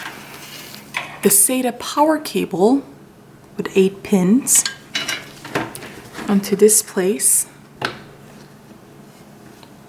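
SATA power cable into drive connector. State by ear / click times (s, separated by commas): seated / 7.8 s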